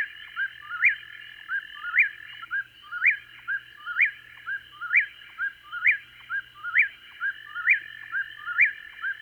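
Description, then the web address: Eastern whip-poor-will giving rhythmic whistled calls, each a quick three-part phrase ending in an upward sweep, repeated steadily. Eastern North America. "Dan Gibson Wildlife Identification By Sound, Eastern North America Pt 1. Whip Poor Will"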